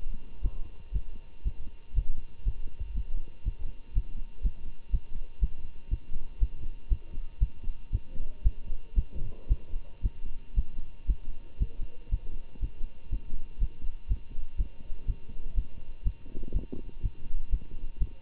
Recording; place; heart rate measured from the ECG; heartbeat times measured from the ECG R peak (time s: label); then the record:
heart sounds by stethoscope; between the tricuspid and mitral areas; 120 bpm
0.41 s: heartbeat
0.92 s: heartbeat
1.43 s: heartbeat
1.94 s: heartbeat
2.44 s: heartbeat
2.93 s: heartbeat
3.44 s: heartbeat
3.94 s: heartbeat
4.42 s: heartbeat
4.90 s: heartbeat
5.39 s: heartbeat
5.89 s: heartbeat
6.39 s: heartbeat
6.88 s: heartbeat
7.38 s: heartbeat
7.91 s: heartbeat
8.43 s: heartbeat
8.94 s: heartbeat
9.48 s: heartbeat
10.02 s: heartbeat
10.54 s: heartbeat
11.06 s: heartbeat
11.58 s: heartbeat
12.10 s: heartbeat
12.60 s: heartbeat
13.10 s: heartbeat
13.58 s: heartbeat
14.07 s: heartbeat
14.57 s: heartbeat
15.06 s: heartbeat
15.54 s: heartbeat
16.03 s: heartbeat
16.52 s: heartbeat
17.01 s: heartbeat
17.50 s: heartbeat
17.98 s: heartbeat
From the record:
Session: Bruce protocol treadmill stress test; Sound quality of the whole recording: good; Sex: male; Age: 25 years